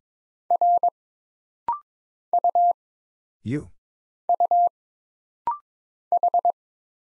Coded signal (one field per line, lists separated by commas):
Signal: Morse code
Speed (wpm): 22 wpm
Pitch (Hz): 700 Hz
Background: none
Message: R U U H